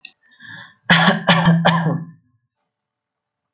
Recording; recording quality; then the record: shallow voluntary cough; excellent, no background noise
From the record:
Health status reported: recovered from COVID-19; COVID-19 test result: positive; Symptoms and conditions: cold, fever, fatigue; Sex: male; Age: 30 years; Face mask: not worn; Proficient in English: no